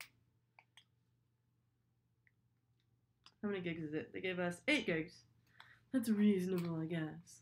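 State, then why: Not seated. A microSD card is handled and inspected for its capacity, 8 GB, before going into the card slot of a single-board computer; faint small ticks of handling come at about 0.0, 0.6, 0.8, 2.3 and 3.3 s over a low steady hum. From about 3.4 s someone talks. Nothing has seated or clicked into the slot yet.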